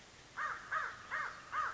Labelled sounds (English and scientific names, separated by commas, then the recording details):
American Crow (Corvus brachyrhynchos)
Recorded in Sonoma County, California